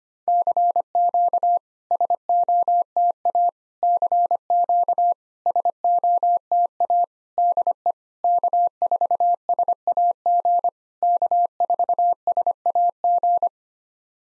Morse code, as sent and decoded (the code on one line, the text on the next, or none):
-.-. --.- / ... --- - .- / -.-. --.- / ... --- - .- / -.. . / -.- ....- ... .- --. / -.- ....- ... .- --.
CQ SOTA CQ SOTA DE K4SAG K4SAG